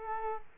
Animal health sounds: mosquito wingbeat signal from an infrared sensor; Culex quinquefasciatus

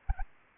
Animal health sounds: mosquito wingbeat signal from an infrared sensor; Anopheles gambiae

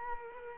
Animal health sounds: mosquito wingbeat signal from an infrared sensor; Culex quinquefasciatus

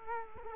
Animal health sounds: mosquito wingbeat signal from an infrared sensor; Culex quinquefasciatus

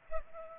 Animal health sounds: mosquito wingbeat signal from an infrared sensor; Culex pipiens

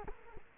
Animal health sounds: mosquito wingbeat signal from an infrared sensor; Culex quinquefasciatus

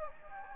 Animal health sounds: mosquito wingbeat signal from an infrared sensor; Anopheles gambiae

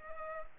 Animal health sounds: mosquito wingbeat signal from an infrared sensor; Culex pipiens

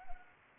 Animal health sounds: mosquito wingbeat signal from an infrared sensor; Anopheles arabiensis

